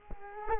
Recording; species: mosquito wingbeat signal from an infrared sensor; Culex quinquefasciatus